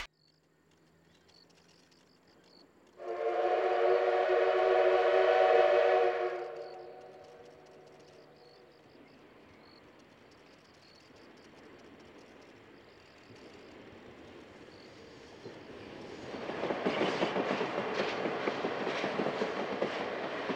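A steam locomotive sounds a loud, chord-like whistle from about three to six seconds, then fades to a low rumble. From around sixteen seconds, rapid, regular chuffing grows louder and brighter as the engine works past.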